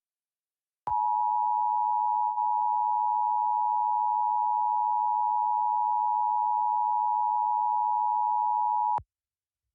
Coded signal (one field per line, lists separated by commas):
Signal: Emergency Alert System (SAME) tones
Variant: 853 and 960 Hz attention tone